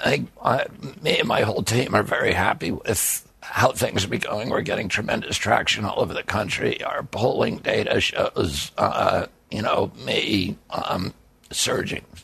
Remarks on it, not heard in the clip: I had a very, very strong voice until I was 42 years old. In 1996, I had an injury that caused a neurological disorder called spasmodic dystonia. It makes my voice like this.